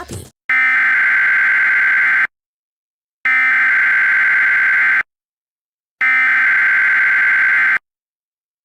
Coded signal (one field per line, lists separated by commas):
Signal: Emergency Alert System (SAME) tones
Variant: header bursts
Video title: (EAS MOCK) Severe Thunderstorm Warning for Massachusetts on Boston's WDDF 14